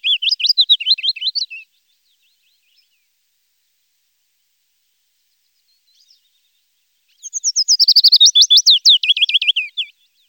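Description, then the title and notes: Willow warbler song: the end of one phrase, a long pause, then a full liquid cascade of notes dropping steadily in pitch. Songbird recorded in Germany, Austria or Switzerland. "Fitis. Sounds of birds from Germany, Austria, Switzerland"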